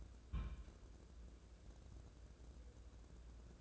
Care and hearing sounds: daily activity, microphone in the room; place on stove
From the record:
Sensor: 2

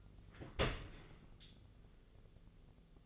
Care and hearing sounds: daily activity, microphone in the room; open dishwasher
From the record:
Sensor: 4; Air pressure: 1001.3 hPa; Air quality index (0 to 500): 183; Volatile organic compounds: 2 ppm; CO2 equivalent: 1306 ppm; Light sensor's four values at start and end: 13/29/12/12 and 13/30/12/13

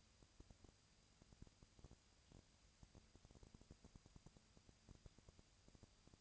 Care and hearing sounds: daily activity, microphone in the room; no activity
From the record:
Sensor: 2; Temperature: 20.1 degrees Celsius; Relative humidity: 35.5%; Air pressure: 996.9 hPa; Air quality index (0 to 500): 197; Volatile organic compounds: 30 ppm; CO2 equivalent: 2958 ppm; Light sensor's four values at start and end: 2/3/2/2 and 2/3/2/2

